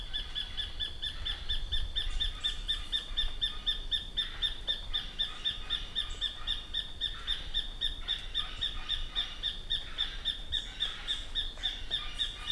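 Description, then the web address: Tacarcuna tapaculo song: a long, unbroken run of clipped high notes, evenly spaced about four per second, over a soft background hiss. "Tacarcuna tapaculo. صدای-پرنده-تپلک-پانامایی"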